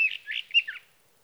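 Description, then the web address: Sage thrasher song, a short burst of quick, scratchy warbled notes that stops abruptly and leaves silence. "birdsongforthecurious Sage Thrasher"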